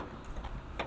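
On a 2012 Suzuki Grand Vitara Limited SUV, the hood latch at the front is worked after the interior hood release was pulled; the release itself gives no satisfying click. Over a steady low rumble, a single sharp tick comes at 0.8 s, and the hood latch pops open.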